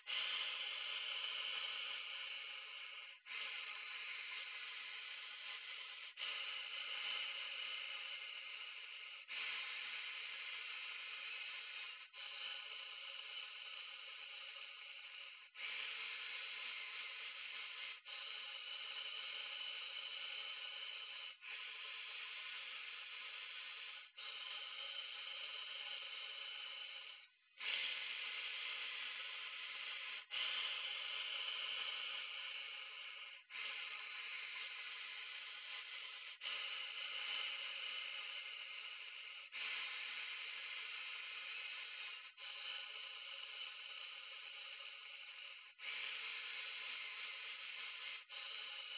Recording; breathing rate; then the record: paced breathing near a phone; 10 breaths a minute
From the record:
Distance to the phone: 40 cm